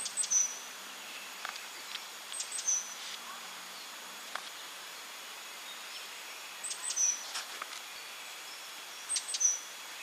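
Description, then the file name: Great tit calls: a short phrase of thin, very high notes, a quick pair followed by a slightly lower whistled note, repeated four times at uneven intervals, over steady background hiss. "Parus major"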